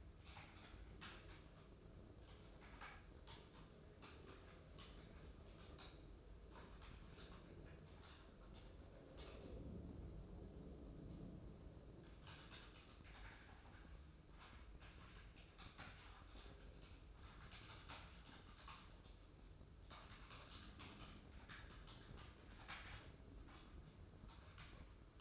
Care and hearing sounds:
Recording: daily activity, microphone in the room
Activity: typing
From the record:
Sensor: 2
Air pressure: 995.1 hPa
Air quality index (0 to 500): 64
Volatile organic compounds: 2 ppm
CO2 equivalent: 1090 ppm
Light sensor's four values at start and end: 17/57/21/22 and 17/58/22/22

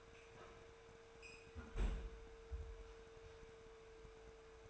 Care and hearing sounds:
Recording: daily activity, microphone in the room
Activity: close fridge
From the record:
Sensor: 2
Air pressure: 1014.9 hPa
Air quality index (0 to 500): 197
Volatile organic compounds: 18 ppm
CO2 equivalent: 2607 ppm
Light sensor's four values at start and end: 27/65/28/31 and 25/60/26/28

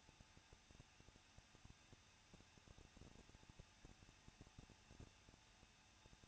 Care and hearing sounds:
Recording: daily activity, microphone in the room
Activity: no activity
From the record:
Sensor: 2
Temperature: 21.0 degrees Celsius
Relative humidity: 37.4%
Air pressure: 1006.2 hPa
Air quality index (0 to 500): 222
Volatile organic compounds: 24 ppm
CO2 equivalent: 2813 ppm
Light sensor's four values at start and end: 2/3/2/2 and 2/3/2/2

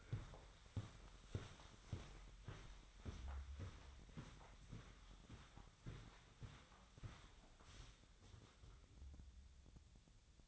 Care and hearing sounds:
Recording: daily activity, microphone in the room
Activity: walk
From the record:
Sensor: 3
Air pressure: 1009.3 hPa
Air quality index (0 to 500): 192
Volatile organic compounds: 4 ppm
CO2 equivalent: 1551 ppm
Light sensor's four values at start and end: 56/147/64/66 and 57/147/65/67

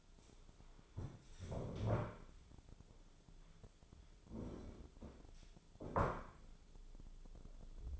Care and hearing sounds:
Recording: daily activity, microphone in the room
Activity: stand up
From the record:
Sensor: 5

